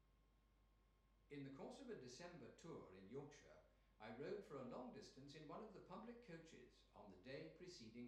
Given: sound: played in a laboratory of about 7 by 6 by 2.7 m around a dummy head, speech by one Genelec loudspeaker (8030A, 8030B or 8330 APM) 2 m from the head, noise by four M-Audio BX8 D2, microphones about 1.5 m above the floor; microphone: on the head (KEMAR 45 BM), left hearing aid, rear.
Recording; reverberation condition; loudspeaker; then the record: male speech in English; medium; in front (0 degrees)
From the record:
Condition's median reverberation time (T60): about 510 ms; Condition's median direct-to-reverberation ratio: about -0.5 dB